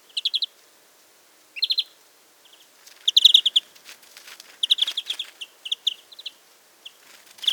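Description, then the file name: European greenfinch giving quick bursts of chirping trills at irregular intervals, with some fainter twittering between them. "Chloris chloris"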